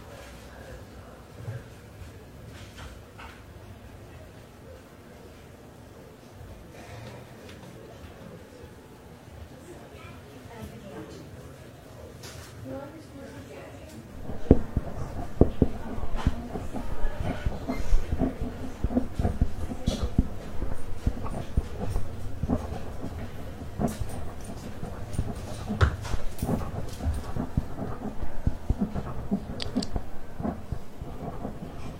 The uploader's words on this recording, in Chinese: 公共图书馆沉浸式学习 图书馆环境音 打字声 写字翻书。